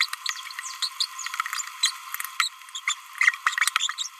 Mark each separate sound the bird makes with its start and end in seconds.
0.01-0.05, 0.82-0.87, 1.01-1.07, 1.83-1.90, 2.40-2.48, 2.75-2.79, 2.88-2.94, 3.46-3.56, 3.76-3.94, 3.98-4.09